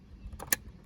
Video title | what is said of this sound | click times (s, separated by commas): STI gauge cluster install in Wrx | there you go and that is the connector piece clicking in so here we go that one's clicked in | 0.5 s